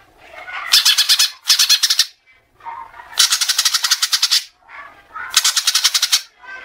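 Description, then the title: Oriental magpie-robin giving harsh, rasping churrs in short bursts, separated by brief quieter gaps with soft lower notes. "Kacer"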